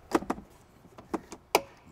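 With the glovebox raised after changing the cabin air filter, a small plastic damper arm is fitted back onto its mount on the glovebox. A few short taps and clicks sound around 0.1, 0.3, 1.1 and 1.3 seconds, then the loudest, sharpest click comes at 1.5 seconds as the arm clicks into place, seated.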